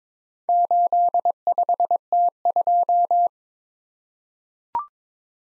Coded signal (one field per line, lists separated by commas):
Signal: Morse code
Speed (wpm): 21 wpm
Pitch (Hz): 700 Hz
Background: none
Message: 85T2